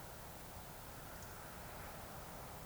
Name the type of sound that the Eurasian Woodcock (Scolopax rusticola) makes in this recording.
whistle